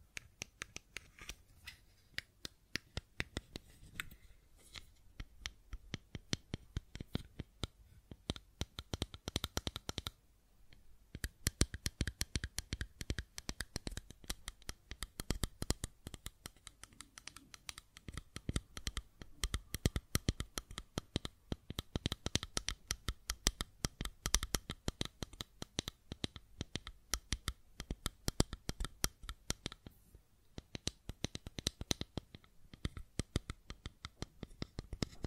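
Rapid, crisp clicking and tapping on a fidget cube runs almost the whole time, dense bursts of sharp ticks with brief pauses near 10 and 30 seconds. The clicks are bright and dry, some louder than others, with a faint low hum underneath.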